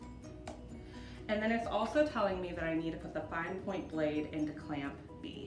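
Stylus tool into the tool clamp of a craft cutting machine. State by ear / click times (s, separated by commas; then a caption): seated / 0.5 s. A pen/stylus tool is pushed down into clamp A of a craft cutting machine, and a single short click at 0.5 s shows it has seated. Someone then talks over soft background music.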